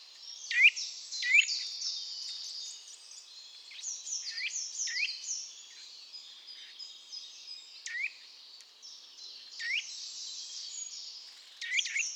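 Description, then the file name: Eurasian nuthatch calls: repeated upslurred whistled notes at uneven intervals over a high background hiss. "Sitta europaea"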